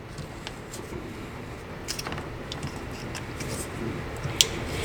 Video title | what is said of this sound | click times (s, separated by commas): dAHler Valve Controller - BMW G80 M3 | plug it in until it snaps into place | 4.4 s